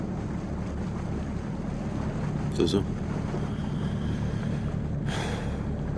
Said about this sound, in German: Das Wasser teilt sich so schön am Bug.